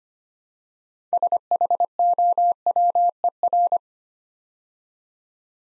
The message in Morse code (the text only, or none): SHOWER